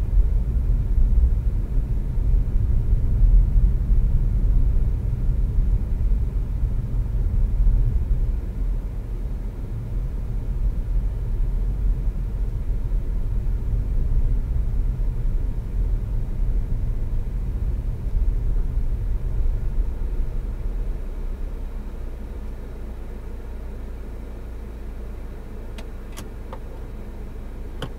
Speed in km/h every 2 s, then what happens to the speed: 23, 23, 23, 21, 19, 19, 19, 18, 16, 10, 3, 0, 0, 0.
0-16 steady at about 19. 16-21 slows to 0. 21-28 standing.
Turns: none.